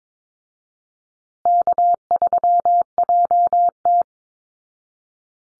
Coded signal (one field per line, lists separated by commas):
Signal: Morse code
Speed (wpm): 22 wpm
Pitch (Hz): 700 Hz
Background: none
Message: K3JT